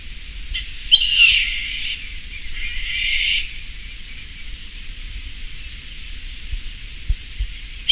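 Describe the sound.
Bird calls, two harsh drawn-out notes, then near silence and a brief sharp note at the end.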